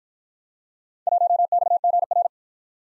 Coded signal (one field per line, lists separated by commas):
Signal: Morse code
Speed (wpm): 53 wpm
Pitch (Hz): 700 Hz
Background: none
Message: 1XGR